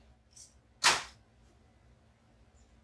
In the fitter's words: make sure that you press down all the way on the front side of the seat that will lock into place you will hear a click at